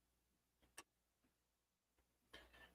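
A plastic building-brick part from a Nifeliz NF10210 Hooniken 3141-piece kit is fitted onto a model car assembly after its orientation is worked out. A sharp click at 0.8 s marks the part clipping into place, followed by a few faint ticks and a louder handling rustle near 2.4 s. The part is seated.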